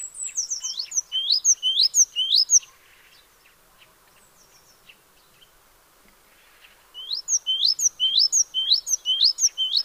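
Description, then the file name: Great tit calls, rapid sharp upswept chirps in two bursts separated by a quiet pause of several seconds. "Parus major"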